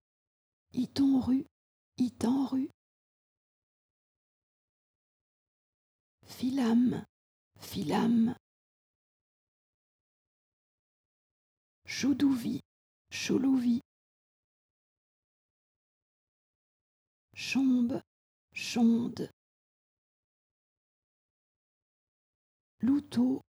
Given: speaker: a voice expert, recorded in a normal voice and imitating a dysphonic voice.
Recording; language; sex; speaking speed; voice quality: pseudo-word pairs; French; female; normal speed; dysphonic voice